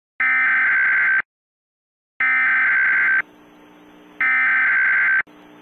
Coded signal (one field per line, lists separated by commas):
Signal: Emergency Alert System (SAME) tones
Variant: header bursts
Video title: Angry EAS: The C0mmunity will live forever!